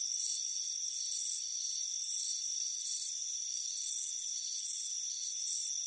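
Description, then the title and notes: Cricket chirps swell and fade in high, pulsing bursts, backed by a level, thin insect drone. "Soothing Crickets Chirping Sound. It's a warm afternoon as you relax in a hammock on the front porch. Relax and fall asleep to the soothing sound of chirping crickets"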